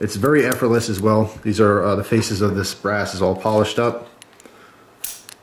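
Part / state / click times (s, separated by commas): cobra buckle male end into its female receiver on a dog collar / seated / 5.0 s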